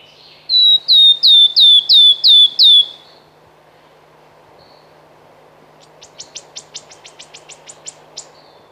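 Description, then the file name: Wood warbler song: a quick even series of clear, sweet descending whistles, followed by a faint run of high ticking notes. "Świstunka leśna"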